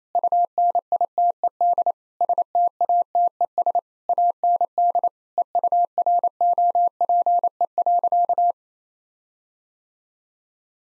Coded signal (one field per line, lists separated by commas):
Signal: Morse code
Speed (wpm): 27 wpm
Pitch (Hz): 700 Hz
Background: none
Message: UNITED STATES AND EUROPE.